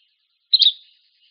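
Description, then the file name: Buff-breasted flycatcher uttering a single sharp, high call note that fades out with a lingering echo. Recorded in Arizona on 3 August 2006. "deviche"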